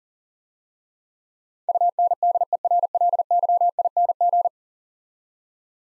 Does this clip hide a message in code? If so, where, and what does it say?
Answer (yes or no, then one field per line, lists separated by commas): yes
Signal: Morse code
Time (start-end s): 1.7-4.5 s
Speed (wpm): 40 wpm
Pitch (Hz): 700 Hz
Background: none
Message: UNDERLYING